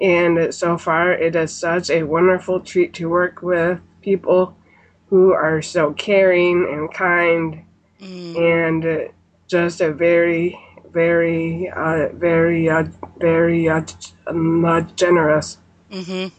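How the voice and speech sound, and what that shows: Adult woman speaking with a stutter that began at age 5, after she had spoken fluently from age 2. A word is repeated several times ('very, very, very, very'), with prolonged sounds and hesitant pauses breaking up the phrase.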